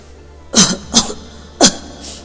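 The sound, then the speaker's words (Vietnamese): Three short, raspy bursts of weak coughing or strained laughter from the character Nhạc Dương come at uneven intervals, followed by a fainter, breathy fourth puff, with no talking. “Không rõ là Nhạc Dương đang ho hay đang cười, chỉ nghe anh chàng yếu ớt cất tiếng.”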